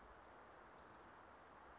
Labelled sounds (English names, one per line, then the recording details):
Western Flycatcher
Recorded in Sonoma County, California